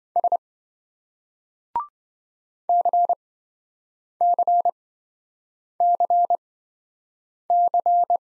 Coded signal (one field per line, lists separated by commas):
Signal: Morse code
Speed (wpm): 27 wpm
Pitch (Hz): 700 Hz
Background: none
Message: S CCCC